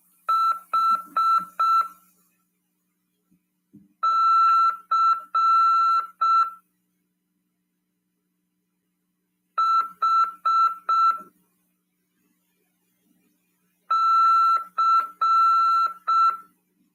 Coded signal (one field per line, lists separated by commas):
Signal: Morse code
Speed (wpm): 6 wpm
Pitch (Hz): 1340 Hz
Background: none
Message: H C H C